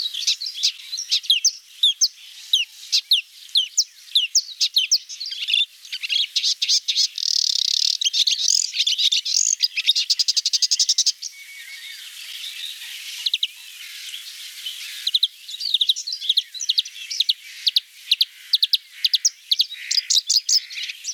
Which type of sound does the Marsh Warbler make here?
song